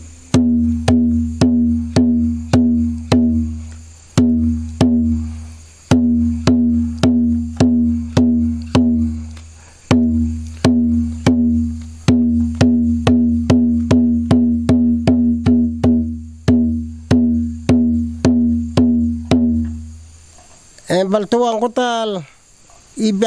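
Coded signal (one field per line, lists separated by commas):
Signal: drum signal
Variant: garamut rhythms on kundu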